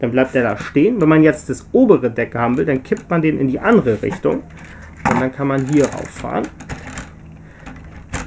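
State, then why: Seated. A plastic LEGO City 60336 freight train toy car or ramp section is driven up onto the tilted upper deck of the car-loading wagon while someone talks. It snaps into its locked position with a short click at 7.0 s, seated and latched.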